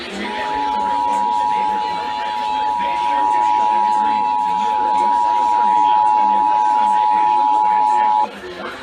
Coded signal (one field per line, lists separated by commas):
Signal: Emergency Alert System (SAME) tones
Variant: 853 and 960 Hz attention tone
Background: speech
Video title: Los Angeles Required Monthly Tests (EAS #2648-2679) 9/29/20